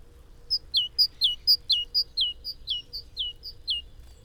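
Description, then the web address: Great tit with a steady, ringing two-note phrase repeated several times in quick succession over quiet background. "SETE Parus major"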